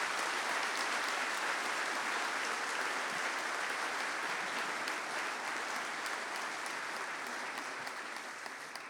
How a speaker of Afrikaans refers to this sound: Vriende, terwijl hulle afstap, sjoe, denk jy nie ons kan nog een keer vir hulle hande klap nie. Baie dankie.